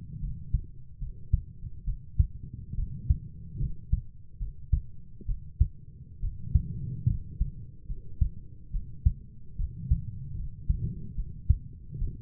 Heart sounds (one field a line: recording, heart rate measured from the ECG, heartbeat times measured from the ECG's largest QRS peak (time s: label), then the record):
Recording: heart sounds by stethoscope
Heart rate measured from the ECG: 71 bpm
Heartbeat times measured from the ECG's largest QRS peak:
0.21 s: heartbeat
1.00 s: heartbeat
1.85 s: heartbeat
2.76 s: heartbeat
3.59 s: heartbeat
4.39 s: heartbeat
5.27 s: heartbeat
6.21 s: heartbeat
7.07 s: heartbeat
7.88 s: heartbeat
8.72 s: heartbeat
9.57 s: heartbeat
10.37 s: heartbeat
11.16 s: heartbeat
12.00 s: heartbeat
From the record:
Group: healthy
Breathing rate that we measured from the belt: 18 breaths a minute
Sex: female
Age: 22 years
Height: 160 cm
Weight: 63 kg